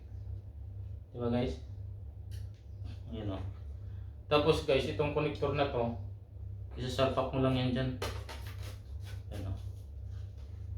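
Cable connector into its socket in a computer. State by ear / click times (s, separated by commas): seated / 8.3 s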